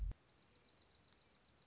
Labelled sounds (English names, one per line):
Dark-eyed Junco